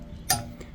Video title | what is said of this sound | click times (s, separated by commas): How To Fix Your Own Brakes - Full Tutorial Front and Rear!!! | Pretty simple. Just going to put it on and go until it clicks. | 0.3 s